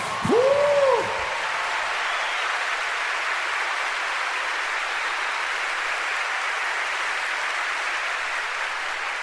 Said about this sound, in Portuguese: Aplaude ele aí, meu irmão.